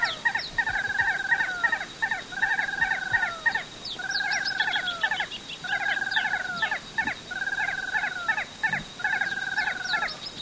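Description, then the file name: Ash-throated crake giving rhythmic runs of short falling notes, repeated in bursts, with high clicking notes scattered throughout. "Porzanaalbicollis"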